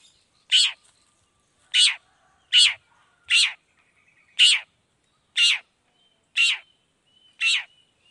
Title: Cendet Gacor Dor Di Kala Pagi Toet Toet Variasi Suara